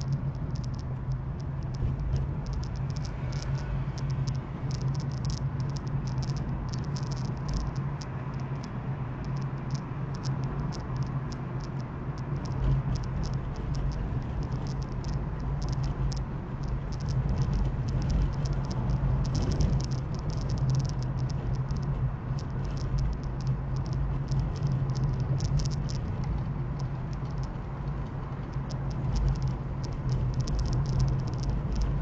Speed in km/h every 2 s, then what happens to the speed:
25, 33, 40, 43, 46, 48, 44, 47, 45, 44, 41, 41, 41, 43, 46, 49.
0-9 speeds up to 48. 9-25 steady at about 44. 25-32 speeds up to 49.